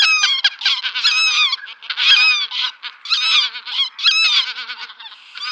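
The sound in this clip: Greater white-fronted goose: greater white-fronted geese calling, a chorus of high, yelping honks overlapping in bursts with brief pauses between them.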